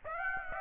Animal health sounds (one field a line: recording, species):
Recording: mosquito wingbeat signal from an infrared sensor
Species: Aedes aegypti